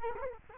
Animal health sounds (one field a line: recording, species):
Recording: mosquito wingbeat signal from an infrared sensor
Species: Culex quinquefasciatus